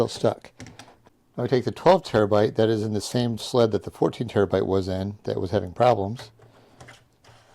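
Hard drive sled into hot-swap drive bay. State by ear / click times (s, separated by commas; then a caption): not seated / none. A 12 TB hard drive in its plastic/metal hot-swap sled, the same sled that held a problem 14 TB drive, is handled toward a drive cage bay of a Silverstone CS382 eight-bay hot-swap case being built into a NAS. Someone talks through most of the clip, with light handling knocks around 0.7–0.8 s and again from about 6.8 s to the end. Nothing has seated or clicked into the bay yet.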